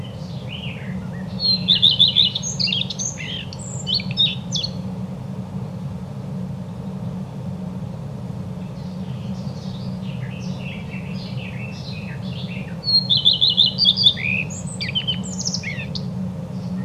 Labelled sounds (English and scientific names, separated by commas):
Common Redstart (Phoenicurus phoenicurus) song